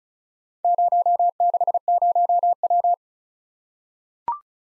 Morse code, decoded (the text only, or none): 060W